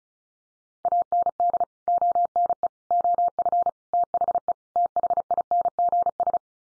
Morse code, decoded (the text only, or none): AND ONE OF THE THINGS